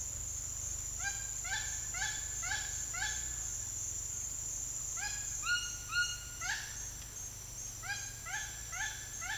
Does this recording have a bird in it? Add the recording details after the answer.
yes. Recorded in dense forest near Puerto Asís, Putumayo, Colombia, on 9 March 2025 at 13:30. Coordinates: 0.503, -76.323. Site GP09